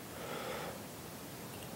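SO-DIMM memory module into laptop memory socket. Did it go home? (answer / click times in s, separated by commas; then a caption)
no / none. A SO-DIMM memory module is carefully inserted at an angle into a laptop memory socket, with the contacts checked to line up before it is pushed home. Only a steady, breathy hiss and faint handling noise are heard. Nothing has seated or clicked yet.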